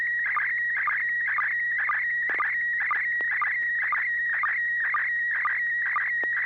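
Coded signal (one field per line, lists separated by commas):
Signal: SSTV (slow-scan television)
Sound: steady warbling tone with brief low blips and hissy bursts, about twice per second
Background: low mains hum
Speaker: This net serves for training and practice in image transmission modes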